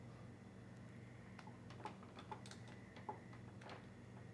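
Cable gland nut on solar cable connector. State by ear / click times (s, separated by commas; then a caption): not seated / none. The plastic back nut (cable gland nut) on a BougeRV solar panel's cable connector is handled and turned, giving a few faint ticks over a steady low hum, with two sharper taps at about 1.9 and 3.1 seconds. Nothing has seated or clicked yet; the clip ends just before the nut is tightened home.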